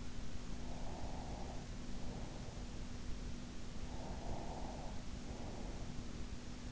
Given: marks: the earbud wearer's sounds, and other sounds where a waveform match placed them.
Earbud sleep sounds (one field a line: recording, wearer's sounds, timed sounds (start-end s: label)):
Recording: sounds in sleep by an in-ear microphone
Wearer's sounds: breath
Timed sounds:
0.48-2.94 s: breath
3.72-6.27 s: breath